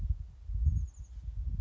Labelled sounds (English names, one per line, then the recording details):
Chestnut-backed Chickadee
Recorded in Sonoma County, California